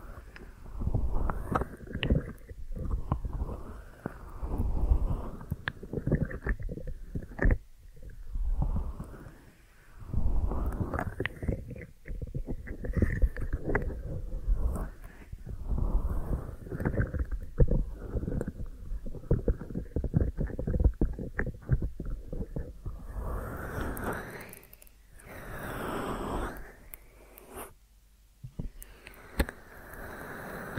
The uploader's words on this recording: ASMR Deep Ear Massage for Sleep(No Talking).